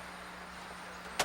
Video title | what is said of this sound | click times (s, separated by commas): Silicon Run Lite 2 | the hard drive snaps into place and the drive power and data cables are connected | 1.2 s